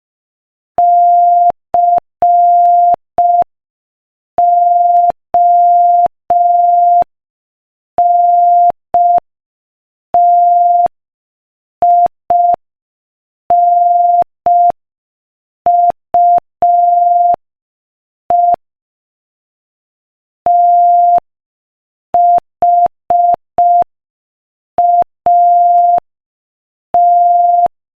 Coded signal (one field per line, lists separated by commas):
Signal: Morse code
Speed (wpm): 5 wpm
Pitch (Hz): 700 Hz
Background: none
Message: CONTINUE THAT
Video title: Morse Code Practice: 5 wpm Inspirational Quote 15